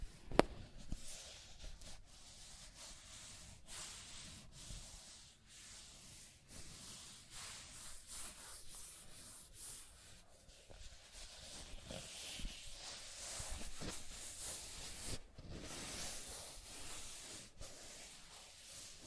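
Scratching and tracing sounds: a continuous dry rubbing, like a tool or finger dragged over a rough surface, with a steady hiss throughout. Short breaks and quick strokes recur every second or so, and a sharp click stands out near the start.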